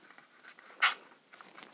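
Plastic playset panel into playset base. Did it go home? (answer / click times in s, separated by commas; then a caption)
no / none. A plastic Death Star playset panel from the Star Wars: Rogue One Micro Machines set is handled against the playset base. Quiet plastic rustling and tapping is heard, with one brief, louder broadband scrape near 0.85 s. Nothing has seated or clicked yet.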